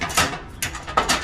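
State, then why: Seated. The windscreen tab latches on the metal side windscreen panels of a Camp Chef Everest 2X two-burner camp stove are pulled over to lock the panels in place. Two sharp, ratchet-like metallic clicks sound at 0.6 s and 1.0 s. The latches seat and hold the panels locked.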